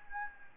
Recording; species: mosquito wingbeat signal from an infrared sensor; Anopheles gambiae